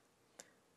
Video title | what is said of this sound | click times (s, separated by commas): Using a film extractor demonstrated | that clique tells you that the film inside the canister is in the right place once you hear that click | 0.4 s